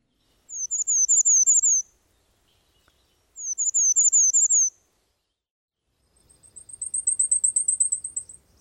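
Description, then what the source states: Warbler songs: two bursts of thin, very high, rapid slurred notes about three seconds apart, then a higher dry trill of chips. Songs of bay-breasted, blackpoll and Tennessee warblers; species breeding mainly in Canada or the northern United States, wintering in Central and South America, migrating twice a year.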